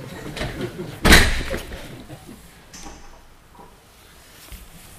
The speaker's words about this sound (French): Ah, je crois que c'était pour moi, là. Hein? Je ferme la porte.